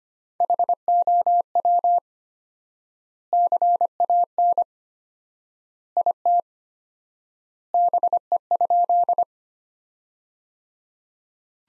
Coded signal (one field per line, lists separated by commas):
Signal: Morse code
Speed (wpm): 25 wpm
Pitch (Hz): 700 Hz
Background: none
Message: HOW CAN IT BE?